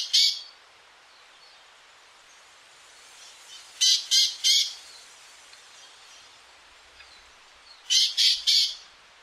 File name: greyearedhoneyeater